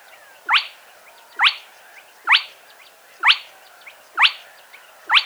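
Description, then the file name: Spotted crake calls: loud, upward-flicking whistled notes repeated steadily, roughly one per second. Playback recording. "Plettet roervagtel"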